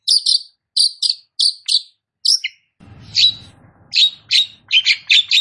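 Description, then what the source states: Long-tailed shrike song: paired high piping notes repeated several times, then harsher scratchy bursts over a low rustling noise. Indonesian name Cendet; described as gacor, a vigorous, persistent singing style.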